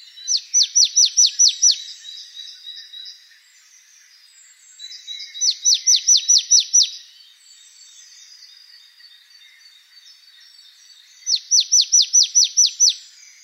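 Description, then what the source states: Marsh tit: quick bursts of about seven sharp, downslurred high notes, each burst lasting about a second and a half and repeated every five to six seconds, with faint sounds between. Recorded 28 November 2013.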